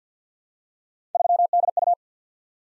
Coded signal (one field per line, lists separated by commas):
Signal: Morse code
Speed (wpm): 46 wpm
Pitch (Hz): 700 Hz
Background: none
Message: 3DU